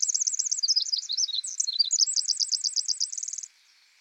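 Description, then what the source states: Pacific wren singing a fast, bubbling cascade of very high notes with twisting trills, closing on a quick evenly repeated series before stopping abruptly. Very loud, lively bird that sings almost constantly, in forest.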